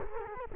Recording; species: mosquito wingbeat signal from an infrared sensor; Culex quinquefasciatus